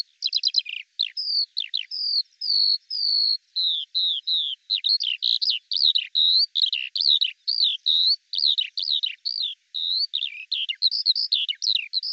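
Eurasian skylark song opening with quick stuttered notes, then steady clear whistles followed by fast twittering phrases and chirps in a long continuous run.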